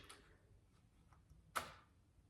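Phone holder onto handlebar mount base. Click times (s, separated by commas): 1.6 s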